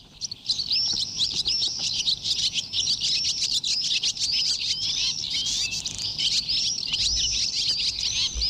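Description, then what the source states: Barn Swallow twittering, a dense run of quick high chirps and warbled notes repeated steadily throughout. Birds from North Africa seen in city parks, building up energy to cross the Strait and the Sahara to their wintering grounds; farewell at summer's end.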